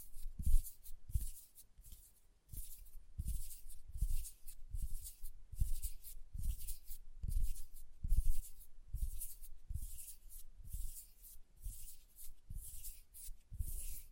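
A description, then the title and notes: Hands work through lotion in a steady rhythm, each soft, slick rub landing with a dull thump roughly every second, without pause. ASMR Hand Sounds, Nail Tapping and Lotion Sounds.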